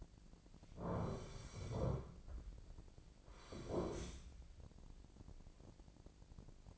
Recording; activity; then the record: daily activity, microphone in the room; sit down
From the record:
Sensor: 5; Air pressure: 1009.3 hPa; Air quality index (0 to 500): 156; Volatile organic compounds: 2 ppm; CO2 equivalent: 1199 ppm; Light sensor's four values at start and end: 262/630/267/290 and 263/631/267/291